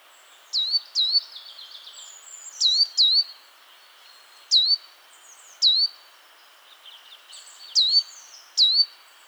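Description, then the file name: Great tit calls: sharp notes dropping steeply then levelling, about eight given, often in quick pairs, over thin high twittering. "Parus major"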